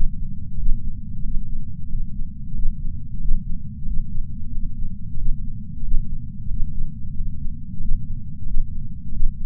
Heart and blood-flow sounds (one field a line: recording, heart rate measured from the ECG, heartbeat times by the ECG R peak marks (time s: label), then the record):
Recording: heart sounds by patch sensor on the chest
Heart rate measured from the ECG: 91 bpm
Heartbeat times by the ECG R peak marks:
0.56 s: heartbeat
1.22 s: heartbeat
1.88 s: heartbeat
2.53 s: heartbeat
3.19 s: heartbeat
3.85 s: heartbeat
4.50 s: heartbeat
5.16 s: heartbeat
5.82 s: heartbeat
6.48 s: heartbeat
7.13 s: heartbeat
7.79 s: heartbeat
8.45 s: heartbeat
9.10 s: heartbeat
From the record:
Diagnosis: coronary artery disease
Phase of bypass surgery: postoperative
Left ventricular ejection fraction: 63.8%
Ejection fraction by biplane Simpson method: 63.7%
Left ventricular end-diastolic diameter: 46 mm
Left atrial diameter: 36 mm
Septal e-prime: 6 cm/s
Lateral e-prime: 8.7 cm/s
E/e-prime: 11.2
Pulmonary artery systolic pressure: 20 mmHg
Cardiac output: 4.6 L/min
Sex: male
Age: 58 years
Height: 170 cm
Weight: 80 kg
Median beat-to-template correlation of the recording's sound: 0.85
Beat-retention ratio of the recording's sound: 0.99